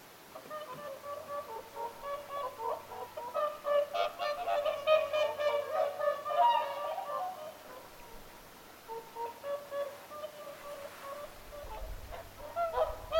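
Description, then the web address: Whooper swans trumpeting in a busy chorus of overlapping honks that swells and then eases, with a low rumble near the end. Whooper swans calling at Lintulahti on 6 November 2025. "6 11 2025 laulujoutsenten aantelya lintulahdella"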